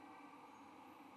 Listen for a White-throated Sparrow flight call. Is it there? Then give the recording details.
no. No flight call is heard. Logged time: 00:19 on 16 November 2014